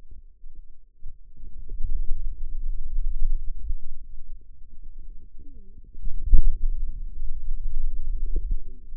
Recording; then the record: forearm muscle sounds (acoustic myography)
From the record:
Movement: finger pinch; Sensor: system 2, bracelet of six BSWA MPA416 microphones around the upper forearm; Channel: 6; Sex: female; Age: 21 years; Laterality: right